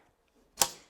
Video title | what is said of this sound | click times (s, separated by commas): Kensone Mini Trampoline Review: Bounce Your Way to Fitness! 🌟 - Best Indoor Workout Equipment | and then you're going to hear that click okay so that's what you're going to want to do | 0.6 s